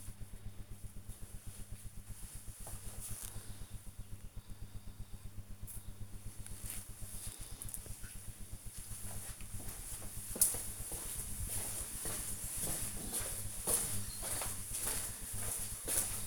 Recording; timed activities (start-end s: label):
household activities, microphone on the right wrist
none